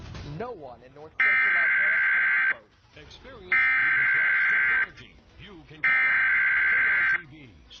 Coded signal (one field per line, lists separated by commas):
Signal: Emergency Alert System (SAME) tones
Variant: header bursts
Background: speech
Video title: 4 of the most creepy EAS alarms + explanation